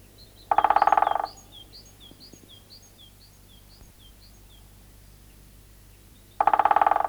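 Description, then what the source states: Great Spotted Woodpecker drumming: two brief, fast rolls about six seconds apart, while soft, high bird chirps sound in the background. Recorded in Finland.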